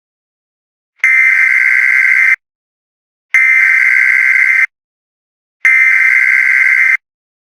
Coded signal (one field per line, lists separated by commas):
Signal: Emergency Alert System (SAME) tones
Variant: header bursts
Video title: (FIXED VER) Eas scenario: The ef6 tornado incident